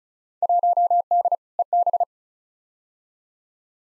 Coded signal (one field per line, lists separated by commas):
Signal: Morse code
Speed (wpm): 34 wpm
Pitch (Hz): 700 Hz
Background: none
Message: 1D EB